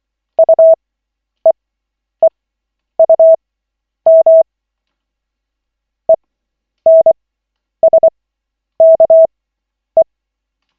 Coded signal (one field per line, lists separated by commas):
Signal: Morse code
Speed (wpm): 24 wpm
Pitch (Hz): 650 Hz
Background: none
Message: UEEUM ENSKE